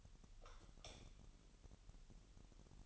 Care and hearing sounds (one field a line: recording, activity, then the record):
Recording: daily activity, microphone in the room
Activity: light off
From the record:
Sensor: 4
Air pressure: 989.2 hPa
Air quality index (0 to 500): 223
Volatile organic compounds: 81 ppm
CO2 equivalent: 3613 ppm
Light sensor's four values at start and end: 24/79/30/30 and 24/79/30/30